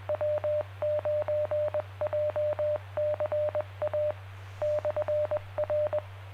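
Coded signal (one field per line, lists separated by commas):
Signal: Morse code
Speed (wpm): 20 wpm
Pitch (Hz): 600 Hz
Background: none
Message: W9JCA /R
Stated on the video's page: Heard during a club's Tuesday evening net at 7 PM Eastern, on a Yaesu rig run with Win4Yaesu software.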